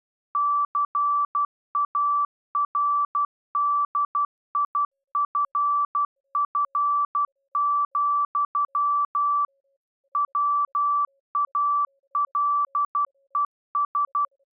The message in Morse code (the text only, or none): CARDIFF, WALES